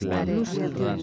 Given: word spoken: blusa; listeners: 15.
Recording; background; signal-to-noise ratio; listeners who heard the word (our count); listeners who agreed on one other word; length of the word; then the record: one Spanish word in noise, from a listening test; four-talker babble; -2.1 dB; 1 of 15; 8 of 15; 0.63 s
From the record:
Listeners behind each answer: 8, 2, 1, 1, 1, 1, 1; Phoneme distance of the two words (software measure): 45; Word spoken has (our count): 2 syllables, 5 phonemes, stress on syllable 1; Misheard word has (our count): 3 syllables, 6 phonemes, stress on syllable 3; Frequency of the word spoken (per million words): 6.50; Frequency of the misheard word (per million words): 6.79